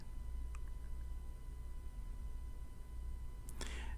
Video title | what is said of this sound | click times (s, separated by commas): How To Repair A Broken Busted Or Cracked Digitizer Screen On An Ipad 7th Or 8th Generation | and they'll only go one way so don't force them you'll feel it kind of snap into place | 3.5 s, 3.6 s